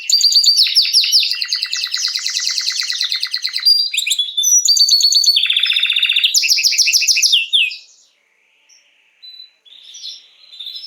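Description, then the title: Canary song: fast trills and rapid rolling phrases at high pitch, shifting between buzzy and clear tones, then stopping near eight seconds with a few soft notes after. Male Belgian canary named Raiden singing a lot; used to warm up young birds. "Esquente Seu Filhote E Canario Belga Em 30 Minutos Macho Cantando Muito. Canrio Belga RAIDEN Cantando Muito - Esquente seu Canrio Belga"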